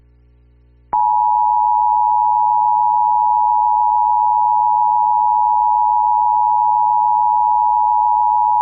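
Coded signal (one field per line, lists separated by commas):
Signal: Emergency Alert System (SAME) tones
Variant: 853 and 960 Hz attention tone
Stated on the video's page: Personally captured real alerts.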